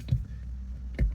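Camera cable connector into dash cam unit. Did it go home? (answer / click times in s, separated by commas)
yes / 1.0 s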